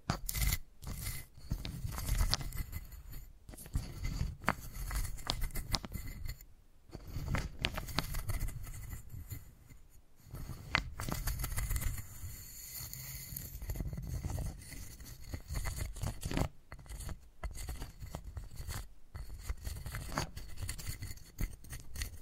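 Wooden balls roll and knock against each other and a surface, giving a continuous run of dry clicks, scrapes and taps. The sound stays dense throughout, with brief quiet gaps near 3, 7, 10 and 17 seconds and a low rumble underneath.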